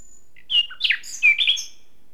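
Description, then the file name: Common nightingale song: a thin high whistle, then a short burst of varied, slurred, rich notes. "Luscinia megarhynchos"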